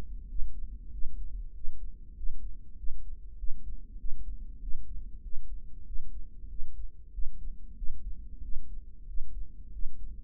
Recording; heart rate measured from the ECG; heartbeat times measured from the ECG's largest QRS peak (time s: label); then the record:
heart sounds by microphone in the right ear; 95 bpm
0.30 s: heartbeat
0.93 s: heartbeat
1.56 s: heartbeat
2.18 s: heartbeat
2.79 s: heartbeat
3.39 s: heartbeat
4.00 s: heartbeat
4.63 s: heartbeat
5.24 s: heartbeat
5.88 s: heartbeat
6.51 s: heartbeat
7.14 s: heartbeat
7.78 s: heartbeat
8.44 s: heartbeat
9.09 s: heartbeat
9.74 s: heartbeat
From the record:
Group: healthy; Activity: rest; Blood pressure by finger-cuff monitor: 157/87 mmHg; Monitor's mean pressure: 109 mmHg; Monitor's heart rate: 96 bpm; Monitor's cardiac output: 7.8 L/min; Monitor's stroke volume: 82 mL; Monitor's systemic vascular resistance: 990 dyn s/cm5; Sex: male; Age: 21 years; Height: 175 cm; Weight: 72.6 kg